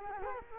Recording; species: mosquito wingbeat signal from an infrared sensor; Culex quinquefasciatus